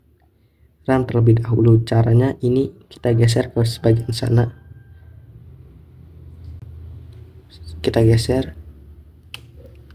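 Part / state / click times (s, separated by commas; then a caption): RAM module retention clips in a laptop memory slot / released / 9.3 s. Someone talks while sliding the metal side clips of the SO-DIMM memory slot outward in an Acer Aspire One 722 laptop. A sharp click at 9.3 s marks the retention clips opening, releasing the RAM module so it lifts up by itself.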